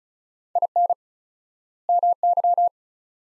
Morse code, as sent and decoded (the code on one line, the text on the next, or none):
.. -. / -- -.--
IN MY